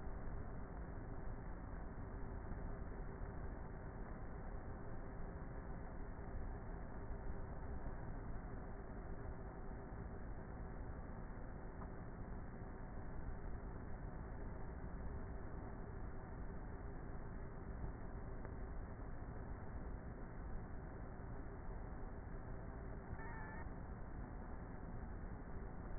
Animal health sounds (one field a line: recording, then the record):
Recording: honeybee colony, microphone inside the hive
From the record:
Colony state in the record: queenless with a low population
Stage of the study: before two queens were removed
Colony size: about 30,000 bees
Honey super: no